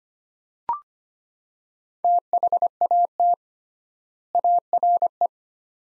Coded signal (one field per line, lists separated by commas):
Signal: Morse code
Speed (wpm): 25 wpm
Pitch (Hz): 700 Hz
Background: none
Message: THAT ARE